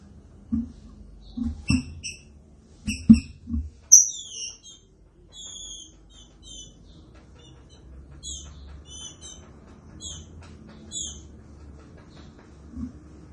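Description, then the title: Green-winged saltator song: sharp clipped notes with low knocks, then a long varied phrase of slurred whistled notes in steady rhythm. Classic song style used for training. "Canto Clássico Trinca Ferro TREINAMENTO"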